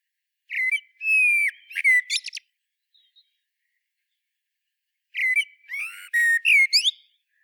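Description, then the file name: Common blackbird song: two phrases, each opening with mellow fluted whistles and ending in a high squeaky twitter, separated by a quiet pause. "Turdus merula"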